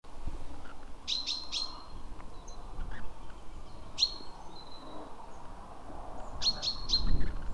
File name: Parus major